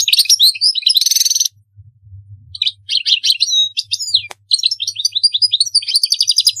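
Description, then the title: European goldfinch song: a buzzy trilled phrase, a pause, then resumed fast twitters and tinkling trills with a single sharp click. "Chant Chardonneret"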